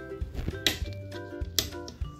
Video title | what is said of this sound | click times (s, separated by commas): How to Refill Hp12a Cartridge Step By Step - Hp 1005 Cartridge - 12A cartridge refill कैसे करें | ये इस तरह से लॉक हो जाता है। | 1.6 s